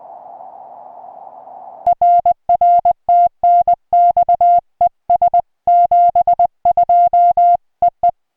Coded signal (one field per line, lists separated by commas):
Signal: Morse code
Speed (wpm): 20 wpm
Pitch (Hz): 700 Hz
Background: music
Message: RR TNX ES 72 EE